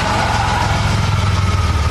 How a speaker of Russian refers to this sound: Машина останавливается.